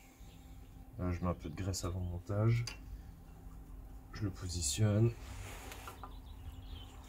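A greased rubber and steel lip oil seal for the axle shaft of a Nissan Patrol Y60/Y61 4x4 is set by hand with two fingers into the bore of the differential axle housing, ready to be tapped home later with a wooden block. Someone talks while positioning it, then two faint, brief handling taps are heard near 5.9 and 6.0 seconds. Nothing has seated or clicked yet.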